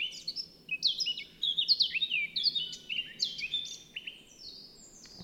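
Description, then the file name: Eurasian blackcap singing a rich, varied warble of fluty whistles and quick slurred notes, over a low steady background hum. "Sylvia atricapilla"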